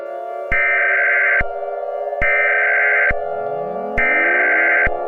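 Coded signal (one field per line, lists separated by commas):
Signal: Emergency Alert System (SAME) tones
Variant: header bursts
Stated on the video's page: Fictional alert scenario, not a real broadcast.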